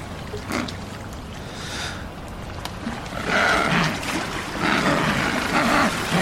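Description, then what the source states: Adélie penguins giving rough, croaking calls, quieter calls early then a loud chorus of overlapping brays in the second half, with steady background noise. Beach Adélie penguins, field recording made in Antarctica.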